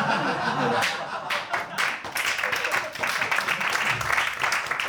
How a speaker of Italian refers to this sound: Sento una vena di pietà in questo applauso, ma va bene così.